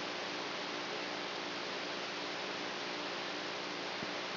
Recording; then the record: brain microelectrode recording played as sound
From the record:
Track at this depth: outside the subthalamic nucleus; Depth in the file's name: 0.089 mm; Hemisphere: right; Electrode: 3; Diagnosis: Parkinson's disease